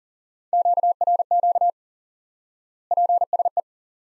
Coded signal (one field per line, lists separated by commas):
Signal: Morse code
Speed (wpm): 40 wpm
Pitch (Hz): 700 Hz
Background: none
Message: QRQ PSE